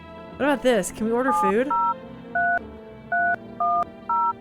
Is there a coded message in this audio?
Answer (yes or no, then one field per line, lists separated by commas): yes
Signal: DTMF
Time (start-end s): 1.3-4.3 s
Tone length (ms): 250 ms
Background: speech, music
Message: 703310